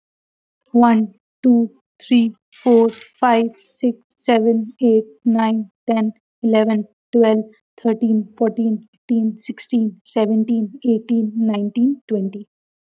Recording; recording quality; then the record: counting at a normal pace; excellent, no background noise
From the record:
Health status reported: healthy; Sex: female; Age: 25 years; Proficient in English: yes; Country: India